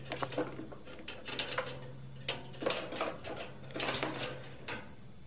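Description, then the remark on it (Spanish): A guard opens the heavy door of a dungeon cell: a series of sharp metallic clanks and ratcheting rattles in uneven bursts, over a low, steady hum, with no voices. “El guardián se detiene ante una celda y abre la pesada puerta.”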